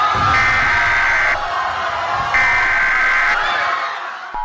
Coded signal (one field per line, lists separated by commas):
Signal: Emergency Alert System (SAME) tones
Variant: header bursts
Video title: EAS scenario #8 AMERICAN PSYCHO July 4th special